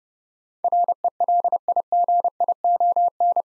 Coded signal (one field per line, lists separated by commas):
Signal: Morse code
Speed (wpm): 30 wpm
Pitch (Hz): 700 Hz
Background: none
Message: RELIGION